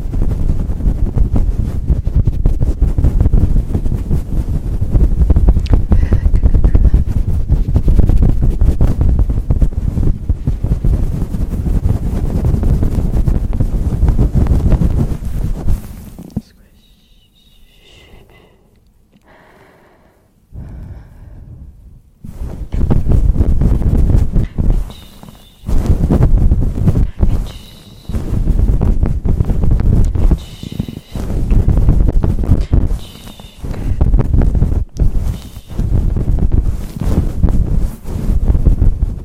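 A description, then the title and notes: Heavy, fast rubbing and gripping on a fluffy microphone cover makes a dense, low, muffled rumble that pumps in quick bursts. Around the middle it drops to near silence for several seconds, then the rough scratching and squeezing returns in choppy, uneven surges. ASMR Intense Fast and Aggressive Mic Triggers Mic Pumping, Gripping, Fluffy Mic, Scratching.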